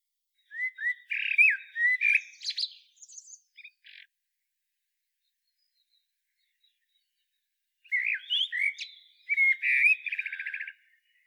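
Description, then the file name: Common blackbird singing two phrases, each of low whistled warbles moving into a high, rattling twitter, separated by several seconds of silence. "Turdus merula"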